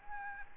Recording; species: mosquito wingbeat signal from an infrared sensor; Anopheles gambiae